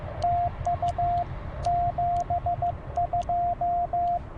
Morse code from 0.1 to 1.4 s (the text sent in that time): TU